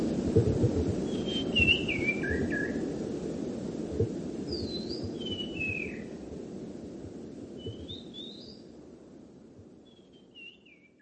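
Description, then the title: Bird song: short slurred whistled notes, some falling, some rising, given every second or two and fading over time, above a steady low rumbling noise. "burung"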